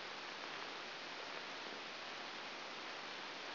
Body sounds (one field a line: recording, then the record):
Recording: brain microelectrode recording played as sound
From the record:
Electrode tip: outside the subthalamic nucleus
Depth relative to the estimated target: -7 mm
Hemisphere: right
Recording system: AlphaMap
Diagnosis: Parkinson's disease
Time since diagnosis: 7 years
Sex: female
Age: 49 years